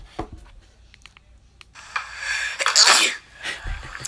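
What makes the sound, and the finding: Adult. Sneeze.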